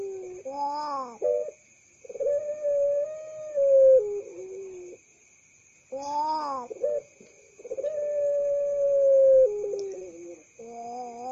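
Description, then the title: Dove cooing: low, hollow notes in a short wavering phrase, then a long, steady drawn-out coo; the sequence repeats once about six seconds later over a faint hum. "Canto Da Pomba"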